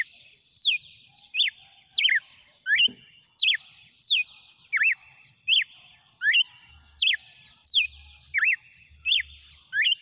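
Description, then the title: Red-cowled cardinal singing a steady series of clear, downward-slurring whistled notes, about one and a half per second, over a quiet background. Female red-cowled cardinal singing; title asks whether it is 'batendo fogo'. "Canto Galo Campina Fêmea 07. GALO DE CAMPINA CANTANDO e BATENDO FOGO?"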